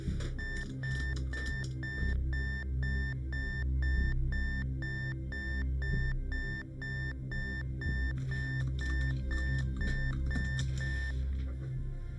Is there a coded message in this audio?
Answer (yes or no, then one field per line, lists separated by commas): no